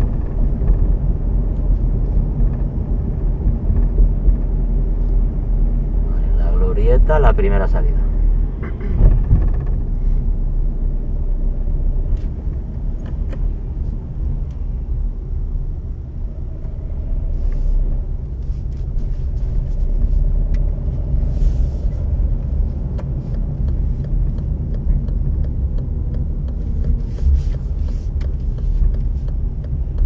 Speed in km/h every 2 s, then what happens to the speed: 37, 35, 33, 32, 31, 26, 25, 18, 16, 15, 24, 25, 25, 20, 18.
0-15 slows to 16. 18-21 speeds up to 25. 21-30 slows to 18.